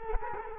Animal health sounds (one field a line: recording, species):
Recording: mosquito wingbeat signal from an infrared sensor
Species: Culex quinquefasciatus